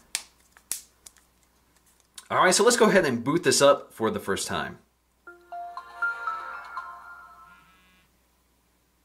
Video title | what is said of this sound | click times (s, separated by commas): Samsung Galaxy S5: Unboxing & Review | snaps into place | 0.2 s, 0.7 s